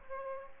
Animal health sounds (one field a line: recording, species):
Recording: mosquito wingbeat signal from an infrared sensor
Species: Aedes aegypti